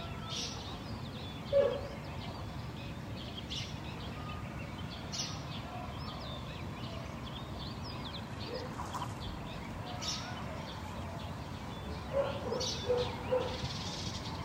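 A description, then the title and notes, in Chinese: Birds call intermittently over a steady low rumble, with short chirps and twitters scattered throughout. A brief louder call stands out near two seconds, and a cluster of sharper chirps comes around twelve to fourteen seconds. 这段声音来自于4月23日的早晨。Kidd发来大理清晨的声音。听到陆续传出来的鸟叫声，一只，两只，三只，有的叽叽喳喳，有的布谷布谷。都是用简单的设备录制而成，没有经过太多修饰。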